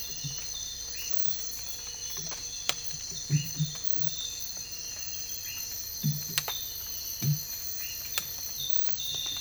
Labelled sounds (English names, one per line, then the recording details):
none
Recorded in dense forest near Puerto Asís, Putumayo, Colombia, on 22 December 2024 at 04:30
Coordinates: 0.484, -76.317
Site G026